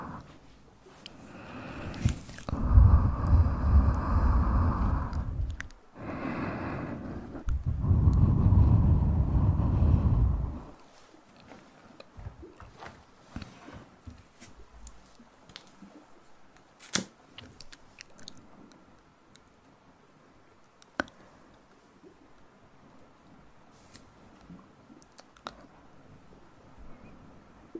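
Two loud, low rumbling bursts with a crunching, chewing-like texture fill roughly seconds 2 to 6 and 7 to 10. After that it drops to near quiet, with scattered soft clicks and a few sharp ticks around 17, 21 and 25 seconds over a faint steady hum.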